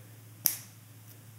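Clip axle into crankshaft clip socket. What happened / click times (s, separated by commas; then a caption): The plastic clip snapped into its socket / 0.5 s. A plastic clip axle is pushed into the clip socket on a crankshaft a second time, giving a single sharp, bright snap at 0.5 s against a low steady hum. The snap shows the axle is seated tight in the socket.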